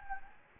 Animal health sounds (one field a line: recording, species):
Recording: mosquito wingbeat signal from an infrared sensor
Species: Anopheles gambiae